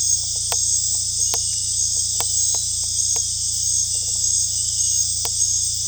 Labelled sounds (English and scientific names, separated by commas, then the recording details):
none
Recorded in secondary vegetation near Puerto Asís, Putumayo, Colombia, on 18 December 2024 at 19:00
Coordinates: 0.484, -76.319
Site GP06